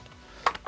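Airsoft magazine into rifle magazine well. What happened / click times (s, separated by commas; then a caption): The magazine latched into the well / 0.5 s. A polymer magazine is pushed into the magazine well of a Cybergun/Ares SCAR SubCompact airsoft replica during a compatibility test. A loud, sharp click at 0.5 s is followed by two softer clicks at about 0.6 s and 0.7 s. The magazine seats and engages.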